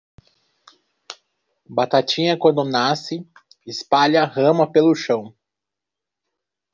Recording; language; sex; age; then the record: short text; Brazilian Portuguese; male; 30 to 39 years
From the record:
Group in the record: control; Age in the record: 38 years